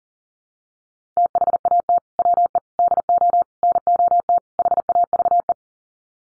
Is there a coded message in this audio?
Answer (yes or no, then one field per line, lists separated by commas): yes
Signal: Morse code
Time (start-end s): 1.2-5.5 s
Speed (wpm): 40 wpm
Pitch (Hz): 700 Hz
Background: none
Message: THAT WE DO NOT HAVE